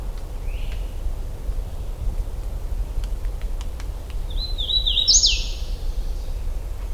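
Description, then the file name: Hooded warbler song after a few seconds of near silence: a short series of sweet whistled notes climbing to a loud, abrupt rising finish, low rumble beneath. Recorded in Michigan on 16 June 2009 at 08:34. "Wilsonia citrina 20090616 0834"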